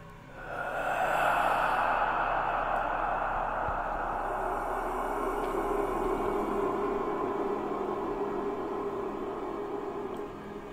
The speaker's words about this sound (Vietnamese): Chợt, đằng sau lưng của lão Tâm vang lên một tiếng thở rất nhẹ.